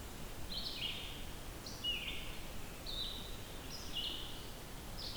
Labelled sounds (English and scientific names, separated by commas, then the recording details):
Red-eyed Vireo (Vireo olivaceus) song
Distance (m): 75 m
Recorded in boreal forest in Alberta, Canada, on 14 June 2016 at 06:56
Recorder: SongMeter 3, array SBT-3-33
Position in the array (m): 132 m, 157 m